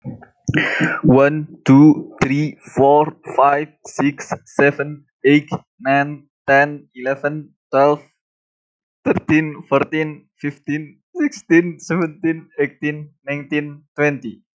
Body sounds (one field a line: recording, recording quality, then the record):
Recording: counting at a normal pace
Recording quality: excellent, no background noise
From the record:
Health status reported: healthy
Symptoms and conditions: none ticked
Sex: male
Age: 21 years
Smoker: not ticked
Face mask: not worn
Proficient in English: no